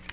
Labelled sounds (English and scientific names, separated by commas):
Tennessee Warbler (Leiothlypis peregrina) flight call